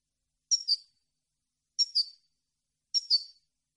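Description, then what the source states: European goldfinch calls, a short double chirp repeated three times about every 1.3 seconds, nothing else heard. Clean goldfinch song on CD, for birds to copy as song training.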